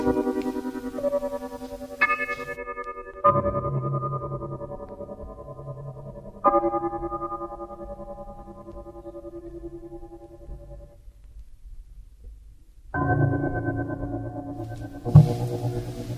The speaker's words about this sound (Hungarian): Nagyon érdekesen szól valóban. Ez az a bizonyos színusz hullámmal megtekert, megcsavart modulált zongora hang.